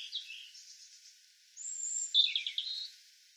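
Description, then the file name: European robin song: a thin, high warbling phrase, then a long sustained whistle and a brighter twittering flourish. "Erithacus rubecula"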